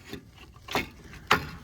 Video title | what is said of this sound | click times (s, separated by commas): Tuto Révision complète Vidange Filtres / Renault Clio III 1.5 dCi | Voilà. Donc là, il est clipsé. | 1.3 s